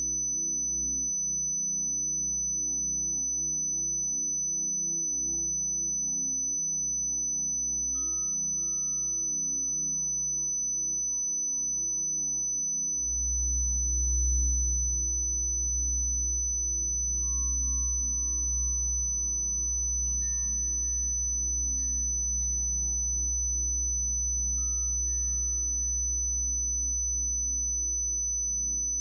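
A steady, thin 6000 Hz tone holds unchanged through the whole clip, high and piercing over a low electrical hum. Around the thirteenth second a heavier low rumble comes in and stays, and a few faint steady mid tones appear and fade.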